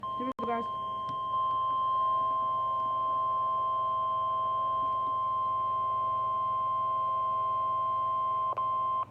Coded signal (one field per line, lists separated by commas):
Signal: Emergency Alert System (SAME) tones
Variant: 1050 Hz attention tone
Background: speech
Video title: Severe thunderstorm warning eas #68